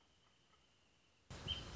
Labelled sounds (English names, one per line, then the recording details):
Wrentit
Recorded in Sonoma County, California